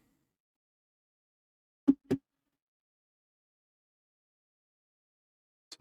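A plastic Lego part is pushed onto the body of a Lego Back to the Future DeLorean car model. Two loud, broadband knocks come around 1.9 and 2.1 s amid otherwise near silence. A short, bright click at 5.7 s marks the part connecting and locking into place.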